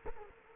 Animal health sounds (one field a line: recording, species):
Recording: mosquito wingbeat signal from an infrared sensor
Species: Culex quinquefasciatus